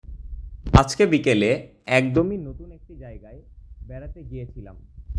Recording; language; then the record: elicited speech; Bengali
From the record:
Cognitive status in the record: cognitively healthy